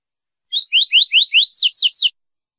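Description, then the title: Double-collared seedeater singing a brisk string of eight sharp whistled notes, rising chirps giving way to stronger falling slurs, delivered at a steady fast pace. Female bird. "Femea De Papa Capim"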